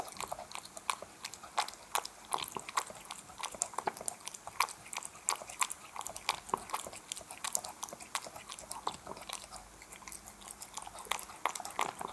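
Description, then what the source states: Cat chewing wet food, a steady run of quick moist clicks and smacks with occasional louder bites, continuing without pause throughout. Domestic cat eating wet food.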